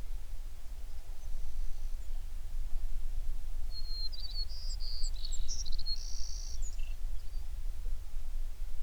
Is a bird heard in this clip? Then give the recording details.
yes. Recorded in the Prudhoe Bay oil fields, Alaska, on 11 June 2019 at 04:49. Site 21